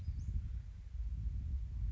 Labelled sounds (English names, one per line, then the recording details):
Western Flycatcher
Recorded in Sonoma County, California